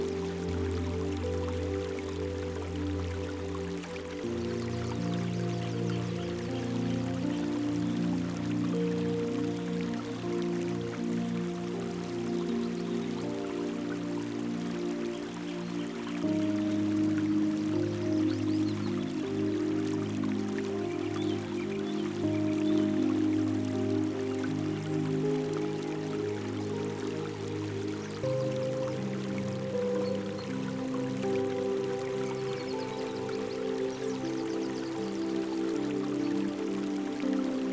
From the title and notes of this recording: Relaxing Music & Peaceful Forest Sounds. The tranquil stream of crystal-clear water, glistens in the sunlight.